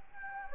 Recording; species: mosquito wingbeat signal from an infrared sensor; Anopheles gambiae